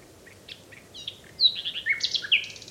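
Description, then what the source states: Common Nightingale song: soft scattered notes building into a loud burst of rapid, sweeping whistles and chattering trills, varied and high-pitched, with a gentle low background rumble. Male singing near the recordist's parents' home in Kent at dawn, 3 May 2020, International Dawn Chorus Day; recorded from a distance with a parabolic reflector.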